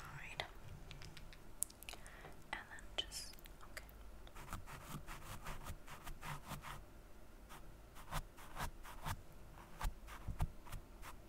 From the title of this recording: ASMR Doing Your Makeup